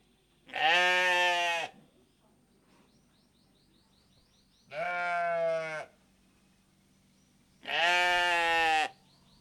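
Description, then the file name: Hungarian sheep bleating: three loud, drawn-out calls separated by pauses. "Hungarian Sheep"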